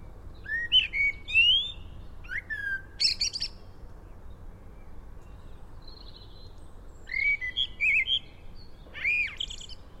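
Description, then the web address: Common blackbird song: two phrases, each of low fluted warbling whistles followed by a high, scratchy twitter, about six seconds apart, over a steady background hiss. "SETE Turdus merula"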